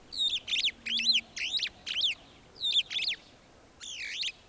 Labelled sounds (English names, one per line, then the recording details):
Superb Starling flight call
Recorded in Kenya